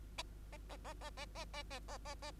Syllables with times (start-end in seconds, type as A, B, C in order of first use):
0.18-0.23 A, 0.52-0.57 A, 0.69-0.77 A, 0.84-0.93 A, 1.01-1.10 A, 1.17-1.25 A, 1.35-1.45 A, 1.53-1.63 A, 1.70-1.79 A, 1.88-1.98 A, 2.05-2.15 A, 2.22-2.31 A